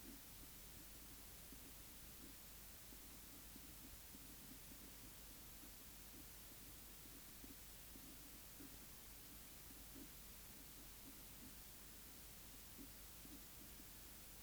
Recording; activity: daily activity, guitar pickup as the sensor; write